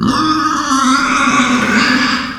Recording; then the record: squeal of a Yucatan mini pig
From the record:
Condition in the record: after surgery on the right vocal fold (resection and tissue-engineered implant); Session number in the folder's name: 14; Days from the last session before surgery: 133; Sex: female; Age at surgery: 19 weeks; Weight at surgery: 25 kg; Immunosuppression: prednisolone